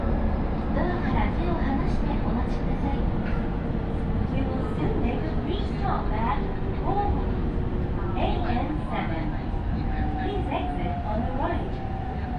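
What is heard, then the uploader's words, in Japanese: Inside a moving train, a steady low rumble fills the car with a faint whine and scattered speech from passengers throughout. 鉄道旅 あおなみ線・東山線 金城ふ頭→荒子・高畑→名古屋。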